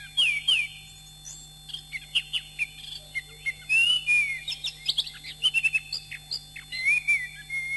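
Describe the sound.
Thrush song opening with a loud descending whistle, then scattered clicks and short slurred whistles, ending in a run of swooping notes; faint hum present.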